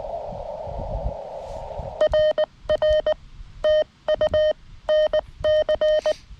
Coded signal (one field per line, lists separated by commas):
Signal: Morse code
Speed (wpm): 19 wpm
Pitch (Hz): 3050 Hz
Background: none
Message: RR TU NC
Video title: CW POTA at K-5221 with my lightweight complete QRP field activation kit